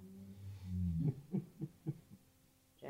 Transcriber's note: laughs